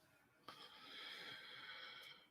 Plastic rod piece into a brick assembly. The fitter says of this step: just kind of push that down until it snaps in